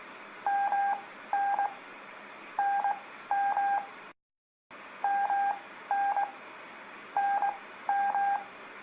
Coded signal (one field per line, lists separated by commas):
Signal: Morse code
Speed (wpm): 22 wpm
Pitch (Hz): 800 Hz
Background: none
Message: MN NM MN NM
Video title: Practice Morse Code With Letters K L M N O | Beginners